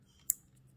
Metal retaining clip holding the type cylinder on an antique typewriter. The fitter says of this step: the retaining clip will click into place